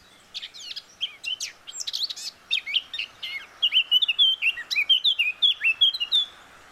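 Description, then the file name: Eurasian blackcap song: a rapid scratchy, chattering warble that breaks into a run of loud, clear fluting whistles toward the end. "Sylvia atricapilla"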